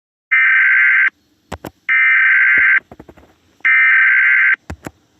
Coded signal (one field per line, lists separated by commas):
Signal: Emergency Alert System (SAME) tones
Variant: header bursts